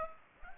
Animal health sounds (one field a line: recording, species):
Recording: mosquito wingbeat signal from an infrared sensor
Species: Aedes aegypti